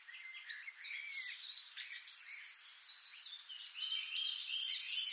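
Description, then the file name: Eurasian wren song, a hurried high twittering that builds into loud, sharply repeated trill notes at the very end. "Troglodytes troglodytes"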